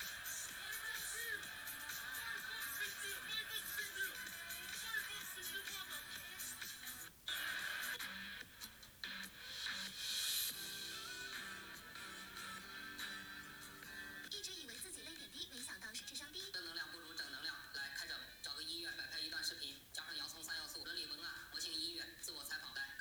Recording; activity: daily activity, guitar pickup as the sensor; browse video